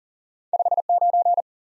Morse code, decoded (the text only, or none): 5 9